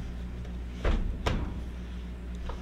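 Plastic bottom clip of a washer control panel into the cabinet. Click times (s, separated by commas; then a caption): 1.3 s. A Whirlpool washer control panel, being reinstalled during a repair for the washer not going into the rinse cycle or getting cold water, is slid back into its slots, and the plastic clip on the bottom of one side is pushed into the cabinet. A dull scraping thud at about 0.9 s is followed by a sharp snap at 1.3 s as the clip seats, then a faint tick near 2.5 s over a low steady hum.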